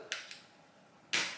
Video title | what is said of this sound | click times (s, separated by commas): Mounjaro 5mg - Week 23/vlog The LEAST I have weighed in 40 years! | there you go you heard the second click and you know it's good hold on | 0.1 s, 1.1 s